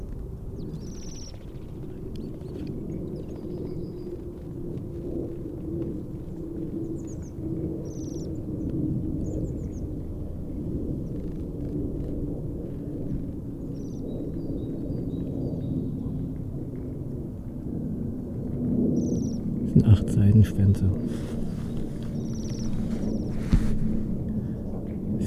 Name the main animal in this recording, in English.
Bohemian Waxwing